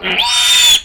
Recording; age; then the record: pig call; piglet (1 to 25 days)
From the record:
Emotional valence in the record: negative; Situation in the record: crushing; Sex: female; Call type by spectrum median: high-frequency call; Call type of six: mixed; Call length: 0.85 s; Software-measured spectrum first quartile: 3163 Hz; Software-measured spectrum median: 3809 Hz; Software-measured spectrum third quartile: 6900 Hz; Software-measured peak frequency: 3622 Hz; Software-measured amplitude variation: 100 dB a second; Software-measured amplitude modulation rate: 21.7 a second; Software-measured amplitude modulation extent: 4.6 dB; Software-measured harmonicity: 5.5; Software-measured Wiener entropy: -2.80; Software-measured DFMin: 542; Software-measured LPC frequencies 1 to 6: 957, 1907, 2517, 3193, 3567, 4521 Hz